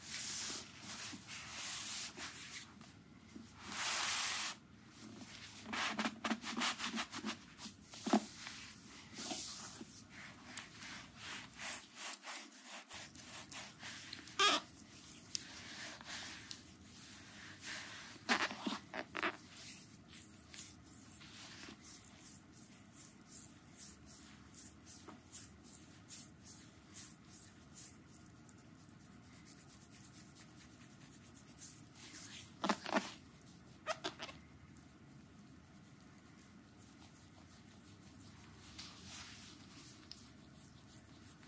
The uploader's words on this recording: Intense asmr foot relaxing massage. Acupressure technique. Intense foot relaxing massage.